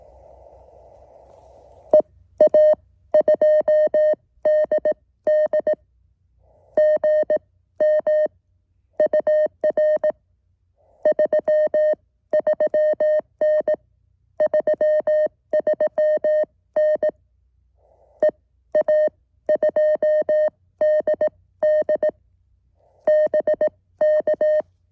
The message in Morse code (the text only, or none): EA2DD GM UR 33N 33N EA2DD BK